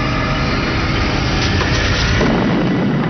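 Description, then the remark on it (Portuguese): A loud, sustained explosion roar with a heavy low rumble and dense crackling noise that stays steady throughout, rather than one sharp bang, with no voices. “De repente, meu corpo foi jogado para cima. Era a explosão.”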